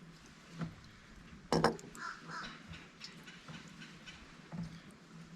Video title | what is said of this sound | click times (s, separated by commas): How Do I Water All Those Plants?!? Using a Drip Irrigation System for Planters & Hanging Baskets. | Press it in a little more. There it goes. It'll click in place. | 1.5 s